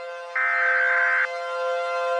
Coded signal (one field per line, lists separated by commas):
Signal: Emergency Alert System (SAME) tones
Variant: header bursts